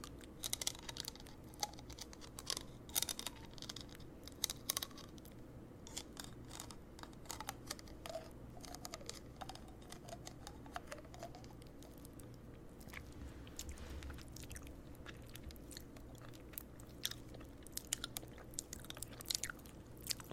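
Mouth sounds of nibbling on a candy cane: rapid, irregular crisp clicks and crunches from small bites, scattered densely across the whole stretch. A low, steady hum sits underneath.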